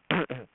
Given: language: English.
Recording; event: throat vibration sensor signal played as sound; throat clearing